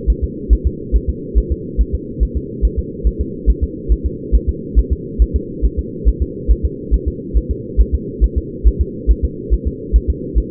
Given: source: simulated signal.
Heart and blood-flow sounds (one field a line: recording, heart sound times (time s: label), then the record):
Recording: fetal heart sounds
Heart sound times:
0.10 s: S1
0.24 s: S2
0.53 s: S1
0.67 s: S2
0.96 s: S1
1.09 s: S2
1.38 s: S1
1.52 s: S2
1.81 s: S1
1.95 s: S2
2.23 s: S1
2.37 s: S2
2.65 s: S1
2.79 s: S2
3.07 s: S1
3.21 s: S2
3.50 s: S1
3.64 s: S2
3.92 s: S1
4.06 s: S2
4.35 s: S1
4.49 s: S2
4.79 s: S1
4.93 s: S2
5.22 s: S1
5.36 s: S2
5.65 s: S1
5.79 s: S2
6.08 s: S1
6.22 s: S2
6.51 s: S1
6.65 s: S2
6.94 s: S1
7.08 s: S2
7.37 s: S1
7.51 s: S2
7.81 s: S1
7.94 s: S2
8.24 s: S1
8.38 s: S2
8.67 s: S1
8.81 s: S2
9.11 s: S1
9.25 s: S2
9.53 s: S1
9.67 s: S2
9.96 s: S1
10.10 s: S2
10.38 s: S1
From the record:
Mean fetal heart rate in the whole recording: 140 bpm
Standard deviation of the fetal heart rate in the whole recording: 2 bpm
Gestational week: 34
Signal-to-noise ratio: -4.1 dB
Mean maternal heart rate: no maternal heart sound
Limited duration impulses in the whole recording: absent